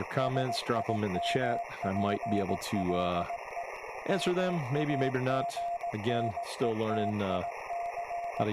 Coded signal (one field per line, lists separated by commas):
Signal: Morse code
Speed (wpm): 18 wpm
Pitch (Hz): 690 Hz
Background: speech, radio noise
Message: SIMPLE MAGNETIC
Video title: 5/11/26 Live WV3V - FTDX-10, HF, VHF, CW , FT8, ADS-B